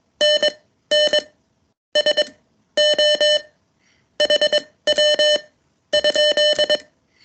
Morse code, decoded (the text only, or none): NNSO HW?